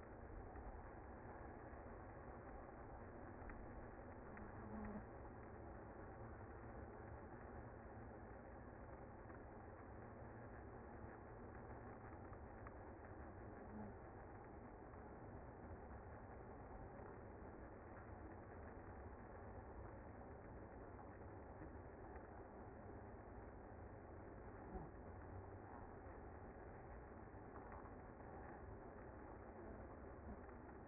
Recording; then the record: honeybee colony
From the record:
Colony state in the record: active